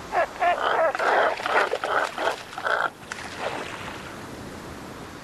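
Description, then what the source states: Cormorant croaks: harsh, guttural grunting notes in quick uneven bursts for about three seconds, then fainter rasping. Cormorants spend much of the day loafing, drying their feathers in the sun and croaking at their neighbours.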